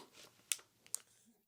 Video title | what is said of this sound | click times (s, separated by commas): TTArtisan 75mm F/2 Autofocus Lens Review | clicks right into play feels solid on there now | 0.5 s, 0.9 s